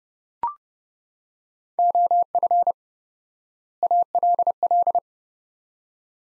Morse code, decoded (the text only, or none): OF ALL